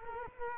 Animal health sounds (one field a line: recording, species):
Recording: mosquito wingbeat signal from an infrared sensor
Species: Culex quinquefasciatus